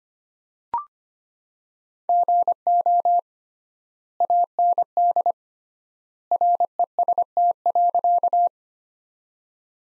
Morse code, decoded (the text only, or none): GO AND REST.